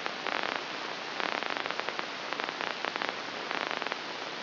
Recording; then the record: brain microelectrode recording played as sound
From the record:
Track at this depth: inside the subthalamic nucleus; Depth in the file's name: 2.733 mm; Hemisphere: left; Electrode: 3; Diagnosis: Parkinson's disease